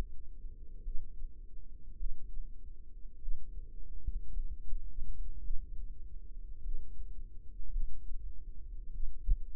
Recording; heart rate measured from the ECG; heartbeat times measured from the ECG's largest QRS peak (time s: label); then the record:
heart sounds by microphone in the right ear; 52 bpm
0.83 s: heartbeat
1.97 s: heartbeat
3.19 s: heartbeat
4.32 s: heartbeat
5.41 s: heartbeat
6.62 s: heartbeat
7.71 s: heartbeat
8.91 s: heartbeat
From the record:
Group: healthy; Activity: rest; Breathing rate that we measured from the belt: 19 breaths a minute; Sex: female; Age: 28 years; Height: 170 cm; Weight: 77 kg